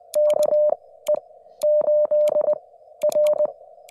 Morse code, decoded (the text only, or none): KE8R